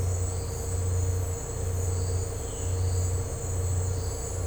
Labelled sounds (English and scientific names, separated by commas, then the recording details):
none
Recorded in dense forest near Puerto Asís, Putumayo, Colombia, on 13 March 2025 at 17:30
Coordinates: 0.468, -76.322
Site GP01